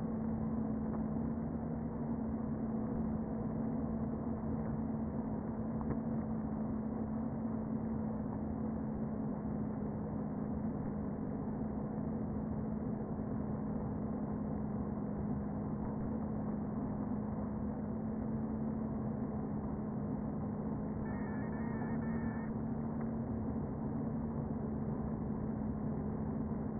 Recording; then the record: honeybee colony, microphone inside the hive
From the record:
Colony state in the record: queen present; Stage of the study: before two queens were removed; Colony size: about 60,000 bees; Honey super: yes